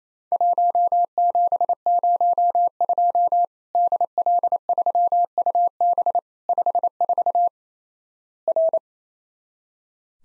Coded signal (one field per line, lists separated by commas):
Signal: Morse code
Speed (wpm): 28 wpm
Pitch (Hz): 700 Hz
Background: none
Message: 1702 DL3UB 54 R